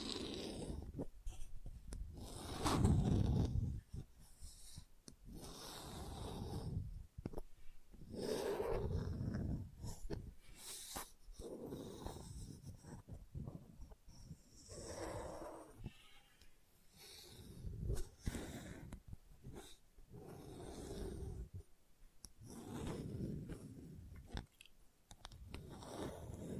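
Gentle scratching comes in soft, uneven bursts of rough strokes separated by brief quiet pauses. The strongest stretch arrives around the third second, with other swells near 9, 15 and 24 seconds, and a breathy, snuffling quality runs through the sounds.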